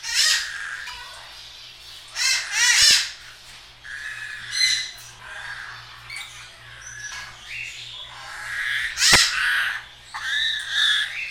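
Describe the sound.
Bird producing varied harsh squawks and rising harmonic notes at irregular intervals, with a couple of sharp clicks between them.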